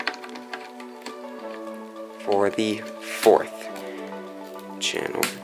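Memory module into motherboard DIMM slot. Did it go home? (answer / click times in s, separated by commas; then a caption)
no / none. A second memory stick is handled at the motherboard DIMM slot for the fourth channel, with brief light taps near 0.0, 0.1, 0.5 and 1.1 s over steady background music while someone talks. The stick has not seated yet and the slot's retention clip has not clicked.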